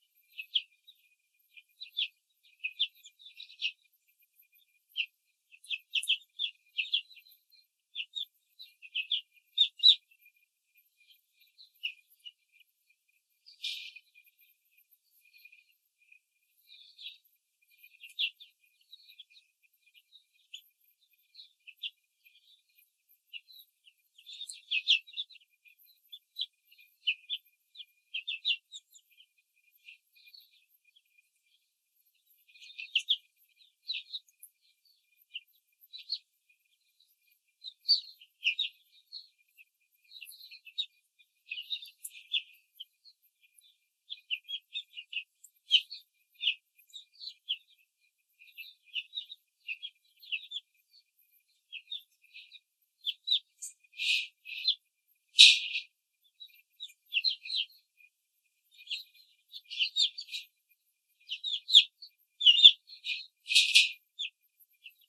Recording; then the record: young laying hens in a cage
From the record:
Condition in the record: control cage, after the stress test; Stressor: none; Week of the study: 4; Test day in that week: 3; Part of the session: 1